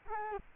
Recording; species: mosquito wingbeat signal from an infrared sensor; Culex quinquefasciatus